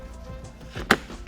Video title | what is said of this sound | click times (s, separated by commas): How to Remove and Reinstall Door Panels on a 2021 Dodge Charger | Just give it a pull and listen for a click at the latch. | 0.9 s